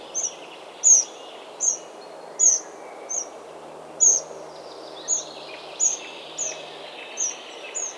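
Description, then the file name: Eurasian wren uttering a series of crisp high call notes, roughly one every half second to second, with soft background birdsong and noise. "Troglodytes troglodytes"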